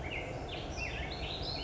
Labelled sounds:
Black-headed Grosbeak (Pheucticus melanocephalus)
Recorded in Sonoma County, California

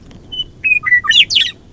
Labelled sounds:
Western Meadowlark (Sturnella neglecta)
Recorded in Sonoma County, California

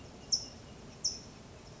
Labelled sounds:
California Towhee (Melozone crissalis)
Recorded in Sonoma County, California

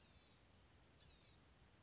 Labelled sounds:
Blue-gray Gnatcatcher (Polioptila caerulea)
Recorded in Sonoma County, California

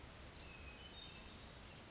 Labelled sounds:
Western Flycatcher (Empidonax difficilis)
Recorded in Sonoma County, California

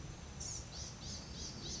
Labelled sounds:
Blue-gray Gnatcatcher (Polioptila caerulea)
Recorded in Sonoma County, California

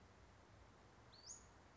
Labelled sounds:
Western Flycatcher (Empidonax difficilis)
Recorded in Sonoma County, California

